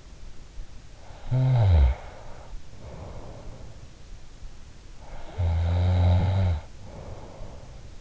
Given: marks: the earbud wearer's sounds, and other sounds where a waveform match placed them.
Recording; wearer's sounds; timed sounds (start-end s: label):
sounds in sleep by an in-ear microphone; snoring breath
0.53-2.76 s: snoring breath
4.81-8.01 s: snoring breath